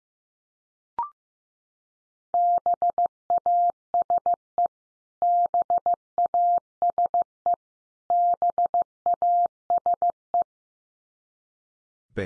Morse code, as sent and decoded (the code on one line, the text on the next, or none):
-... .- ... . / -... .- ... . / -... .- ... .
BASE BASE BASE